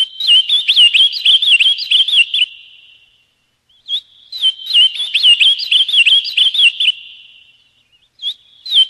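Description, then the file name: Ultramarine grosbeak singing clear, rapid warbling phrases of whistled notes, each around two to three seconds long, separated by short pauses. "Canto-do-Azulão"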